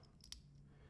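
A FalCam multi-hole F38 camera quick release plate is slid into the F38 quick release base clamp, and its locking mechanism engages with short clicks at 0.2 s and 0.3 s, the second one louder. The plate is locked in place, and a fainter tick follows near 0.9 s.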